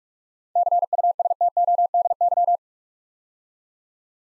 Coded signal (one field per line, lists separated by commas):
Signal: Morse code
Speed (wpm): 44 wpm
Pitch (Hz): 700 Hz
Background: none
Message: CUSTODY